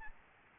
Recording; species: mosquito wingbeat signal from an infrared sensor; Aedes albopictus